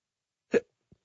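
A single short, abrupt hiccup from an adult caller on a phone line: a sudden voiced gulp lasting about a tenth of a second. A faint small click follows soon after. The sound is an involuntary spasm of the diaphragm, with the throat snapping shut.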